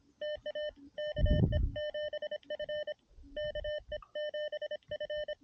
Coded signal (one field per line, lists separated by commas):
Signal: Morse code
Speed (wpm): 26 wpm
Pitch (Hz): 600 Hz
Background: none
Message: TA KE 7F KE 7F